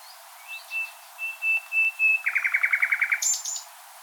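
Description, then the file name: Common nightingale song: several drawn-out pure whistles, then a fast rattling trill of repeated notes, ending in a high buzzy flourish. "Luscinia megarhynchos"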